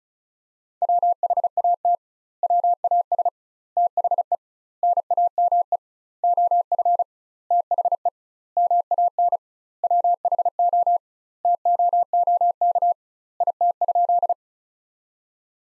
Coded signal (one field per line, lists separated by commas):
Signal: Morse code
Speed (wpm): 36 wpm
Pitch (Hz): 700 Hz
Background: none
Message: WHAT WAS THE NAME OF THE MAN WHO TOOK IT?